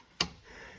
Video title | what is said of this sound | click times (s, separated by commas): Ford 6.7 fuel filter | it'll click into place make sure you push the lock back in done | 0.2 s